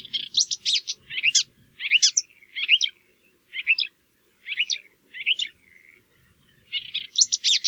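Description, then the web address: Marsh warbler song in short scratchy, squeaky phrases separated by brief pauses, each burst a tangle of high chattering notes. "geluiden bosrietzanger"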